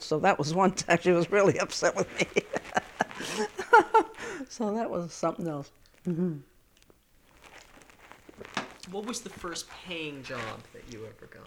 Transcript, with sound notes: So that was one time she was really upset with me. (she laughs) So that was something else. Was the first paying job that you ever got?